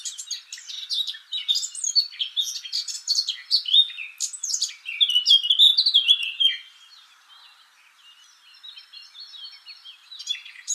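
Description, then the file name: Eurasian blackcap song, a loud fast warble for several seconds that fades into a soft, thin chatter before picking up again. "Sylvia atricapilla"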